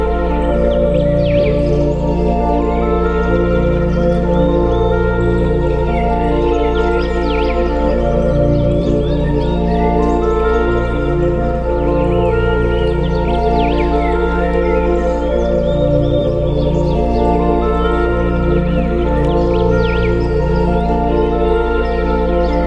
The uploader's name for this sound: Birdsong